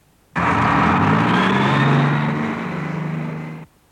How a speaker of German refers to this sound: Das ist ein Autobus.